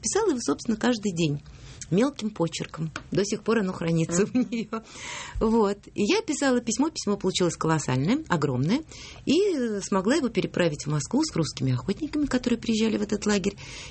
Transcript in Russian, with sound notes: И писала его, собственно, каждый день. Мелким почерком. До сих пор оно хранится у нее. (смеется) Вот. Я писала письмо, письмо получилось колоссальное, огромное, и смогла его переправить в Москву с русскими охотниками, которые приезжали в этот лагерь.